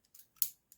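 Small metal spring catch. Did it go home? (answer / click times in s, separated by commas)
yes / 0.1 s, 0.4 s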